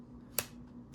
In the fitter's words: All right, listen for the click.